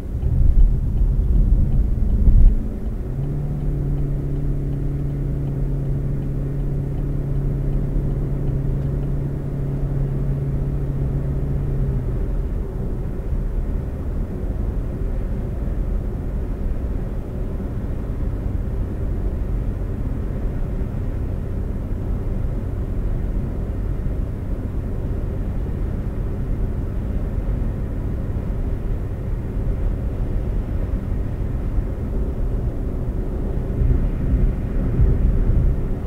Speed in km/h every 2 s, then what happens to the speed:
71, 77, 84, 90, 95, 100, 100, 101, 103, 105, 106, 106, 108, 108, 108, 106, 108, 111.
0-36 speeds up to 111.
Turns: none.